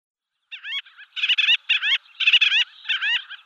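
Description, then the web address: Gull-billed tern giving harsh, nasal, rasping calls in short bursts of several notes, separated by brief gaps. "Schulze Peter Gull-billed Tern"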